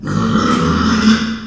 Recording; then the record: squeal of a Yucatan mini pig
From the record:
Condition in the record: after surgery on the right vocal fold (resection and tissue-engineered implant); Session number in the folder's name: 12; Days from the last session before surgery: 105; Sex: female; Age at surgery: 19 weeks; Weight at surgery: 25 kg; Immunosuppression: prednisolone